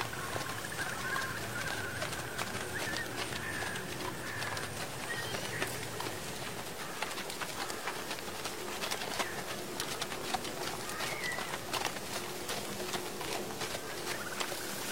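Hoofbeats and rustling fallen leaves form a dense, steady clatter of quick taps throughout, with faint bird calls chirping now and then.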